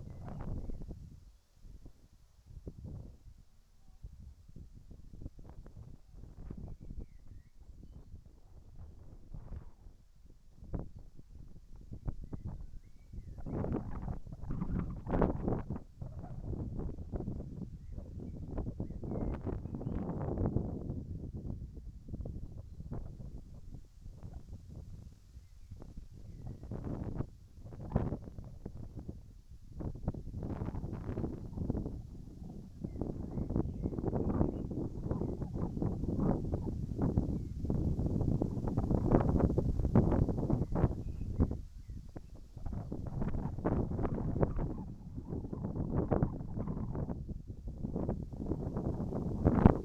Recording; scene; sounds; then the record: everyday scene through a hearing-aid microphone; wind on the microphone; wind, whistling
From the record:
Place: in front of a rural house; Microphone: behind the ear, right, front